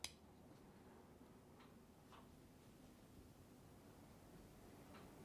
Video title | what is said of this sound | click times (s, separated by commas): ROCKTOL SK02+SK05 Multitools Review by @GearGadgetReviews | which is nice and again locks into place really positively close that down | 0.0 s